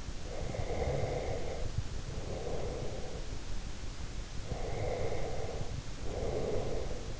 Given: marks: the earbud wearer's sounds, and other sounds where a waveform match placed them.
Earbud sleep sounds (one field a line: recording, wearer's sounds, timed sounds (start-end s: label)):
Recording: sounds in sleep by an in-ear microphone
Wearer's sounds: breath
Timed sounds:
0.18-3.32 s: breath
4.48-7.20 s: breath